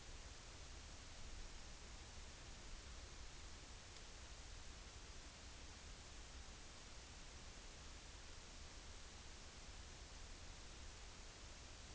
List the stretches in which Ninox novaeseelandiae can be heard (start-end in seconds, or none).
none